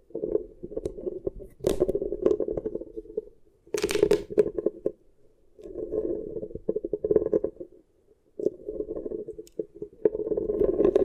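Beeswax is squeezed and worked for ear triggers, making a muffled, mid-low squishing with a constant crackle of tiny sticky pops. The sound comes in bursts of a second or two, broken by short silent pauses, with a few sharper crisp crackles near 2 and 4 seconds.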